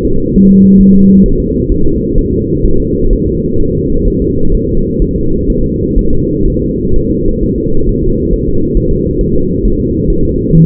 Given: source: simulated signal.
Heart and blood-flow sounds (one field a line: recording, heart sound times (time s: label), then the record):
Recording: fetal heart sounds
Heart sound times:
0.05 s: S2
0.36 s: S1
0.50 s: S2
0.81 s: S1
0.95 s: S2
1.26 s: S1
1.40 s: S2
1.72 s: S1
1.86 s: S2
2.18 s: S1
2.33 s: S2
2.66 s: S1
2.80 s: S2
3.13 s: S1
3.27 s: S2
3.60 s: S1
3.75 s: S2
4.08 s: S1
4.22 s: S2
4.54 s: S1
4.69 s: S2
5.02 s: S1
5.16 s: S2
5.50 s: S1
5.64 s: S2
5.98 s: S1
6.13 s: S2
6.48 s: S1
6.62 s: S2
6.96 s: S1
7.10 s: S2
7.44 s: S1
7.58 s: S2
7.89 s: S1
8.03 s: S2
8.33 s: S1
8.48 s: S2
8.77 s: S1
8.91 s: S2
9.21 s: S1
9.35 s: S2
9.65 s: S1
9.80 s: S2
10.10 s: S1
10.25 s: S2
10.55 s: S1
From the record:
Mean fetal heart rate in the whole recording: 130 bpm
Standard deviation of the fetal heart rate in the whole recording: 4 bpm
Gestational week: 38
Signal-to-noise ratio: -17.7 dB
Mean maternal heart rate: 72 bpm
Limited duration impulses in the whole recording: present